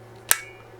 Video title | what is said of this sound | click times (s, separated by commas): Vevor Torque Screwdriver | you hear that click that's when it reaches its torque point | 0.3 s